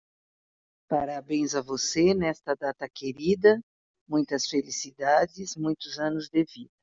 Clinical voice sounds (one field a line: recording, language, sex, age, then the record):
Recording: short text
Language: Brazilian Portuguese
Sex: female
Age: 60 to 69 years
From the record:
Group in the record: control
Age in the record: 61 years